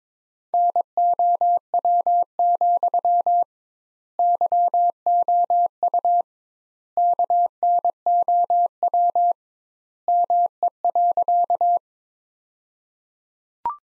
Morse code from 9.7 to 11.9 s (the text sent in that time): ME.